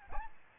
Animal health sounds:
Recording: mosquito wingbeat signal from an infrared sensor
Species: Aedes albopictus

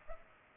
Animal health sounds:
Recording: mosquito wingbeat signal from an infrared sensor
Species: Culex pipiens

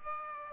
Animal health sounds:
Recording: mosquito wingbeat signal from an infrared sensor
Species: Aedes aegypti

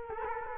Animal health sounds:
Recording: mosquito wingbeat signal from an infrared sensor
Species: Culex quinquefasciatus

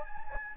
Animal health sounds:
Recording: mosquito wingbeat signal from an infrared sensor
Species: Anopheles gambiae

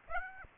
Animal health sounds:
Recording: mosquito wingbeat signal from an infrared sensor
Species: Aedes aegypti

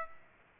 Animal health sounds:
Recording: mosquito wingbeat signal from an infrared sensor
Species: Aedes aegypti

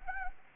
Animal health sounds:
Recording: mosquito wingbeat signal from an infrared sensor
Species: Anopheles arabiensis

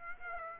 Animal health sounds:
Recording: mosquito wingbeat signal from an infrared sensor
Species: Aedes aegypti

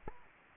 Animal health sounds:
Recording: mosquito wingbeat signal from an infrared sensor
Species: Aedes aegypti

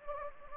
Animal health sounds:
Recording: mosquito wingbeat signal from an infrared sensor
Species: Anopheles gambiae

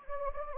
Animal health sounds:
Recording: mosquito wingbeat signal from an infrared sensor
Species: Anopheles gambiae

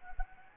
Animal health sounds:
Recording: mosquito wingbeat signal from an infrared sensor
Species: Anopheles gambiae

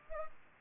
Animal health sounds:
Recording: mosquito wingbeat signal from an infrared sensor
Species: Culex pipiens

